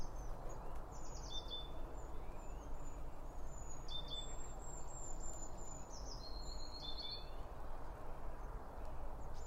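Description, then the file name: Several small birds give high twittering chirps and brief falling whistles, overlapping in loose bursts above a constant low hum. Birds at a bird feeder, recorded with two Line Audio OM1 microphones. "Birds Around Birdfeeding With Two Om 1 From Line Audio"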